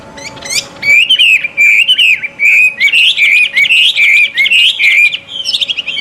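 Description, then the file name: Chinese hwamei song: a fast, unbroken stream of loud, rich whistles, rising and falling in rapid loops, with a few sharp upswept notes at the start and end. Recorded at a bird gathering. "audio-gathering-hwamei 1-omkicau"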